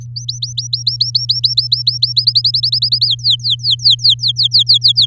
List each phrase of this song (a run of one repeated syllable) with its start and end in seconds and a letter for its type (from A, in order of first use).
0.01-2.13 A, 2.16-3.06 B, 3.07-5.06 C